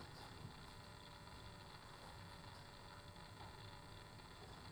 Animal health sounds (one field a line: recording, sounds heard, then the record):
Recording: poultry house recording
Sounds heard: no chicken sound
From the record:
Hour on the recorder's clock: 15